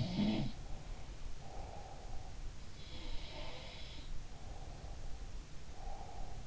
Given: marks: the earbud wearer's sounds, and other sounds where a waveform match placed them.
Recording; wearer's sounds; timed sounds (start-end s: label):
sounds in sleep by an in-ear microphone; breath
0.00-2.42 s: sound from someone else or the room
0.19-2.42 s: breath
2.63-3.72 s: sound from someone else or the room
4.36-6.47 s: breath